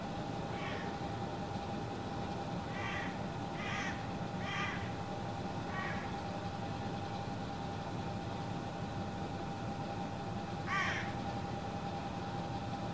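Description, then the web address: Bird giving short harsh calls, a run of five spaced notes in the first six seconds and one more near eleven seconds, over a steady hiss and low hum. "cianscape. Deverinetal 2025. Bird Only"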